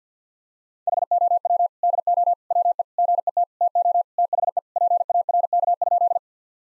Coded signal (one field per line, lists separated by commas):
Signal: Morse code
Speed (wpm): 50 wpm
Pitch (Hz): 700 Hz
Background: none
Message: HOW DO WE GET TO THE PARK?